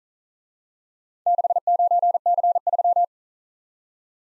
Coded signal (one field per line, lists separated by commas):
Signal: Morse code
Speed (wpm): 42 wpm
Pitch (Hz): 700 Hz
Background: none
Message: 69C3